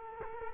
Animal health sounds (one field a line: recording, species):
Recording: mosquito wingbeat signal from an infrared sensor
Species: Culex quinquefasciatus